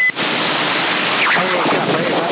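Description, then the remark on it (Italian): Steady, dense hiss under a CB radio signal, from a CB radio contact in Sassari, May 2021, fills the whole stretch, starting right after a brief high-pitched tone, with faint, garbled voice-like warbles buried in the static. “Adesso spinge un po' di più, però c'è questo, io non so se lo sentite, io sento del un fruscio sotto”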